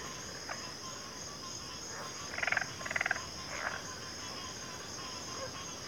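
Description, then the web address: Cricket chorus forming an unbroken high-pitched drone, with two loud rattling frog bursts near the middle and a few softer croaks. Chorus of crickets in a backwater. "WLL Grade 1-12 Pre-Uni Library Natures Songs Sleep Sounds of Nature CRICKETS Backwater Chorus"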